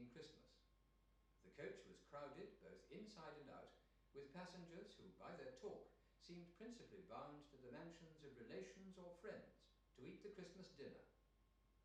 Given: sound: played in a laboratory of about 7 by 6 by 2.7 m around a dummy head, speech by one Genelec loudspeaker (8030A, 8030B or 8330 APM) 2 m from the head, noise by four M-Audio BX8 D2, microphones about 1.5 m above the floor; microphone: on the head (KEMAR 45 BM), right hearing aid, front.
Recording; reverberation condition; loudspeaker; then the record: male speech in English; medium; 30 degrees to the left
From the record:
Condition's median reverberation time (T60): about 510 ms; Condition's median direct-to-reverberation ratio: about -0.5 dB